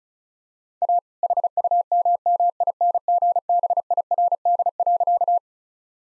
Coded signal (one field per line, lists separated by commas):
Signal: Morse code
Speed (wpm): 36 wpm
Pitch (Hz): 700 Hz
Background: none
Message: A HUMMINGBIRD.